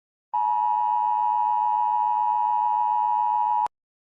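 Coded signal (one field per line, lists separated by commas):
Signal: Emergency Alert System (SAME) tones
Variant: 853 and 960 Hz attention tone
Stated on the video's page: Fictional emergency alert scenario, not a real activation.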